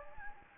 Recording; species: mosquito wingbeat signal from an infrared sensor; Anopheles gambiae